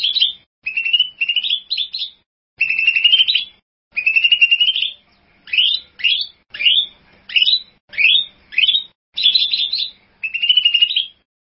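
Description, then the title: Bird song of regular phrases roughly every second: rising trills and sharp upslurred whistles, with quiet gaps between. "burung online"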